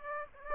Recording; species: mosquito wingbeat signal from an infrared sensor; Aedes aegypti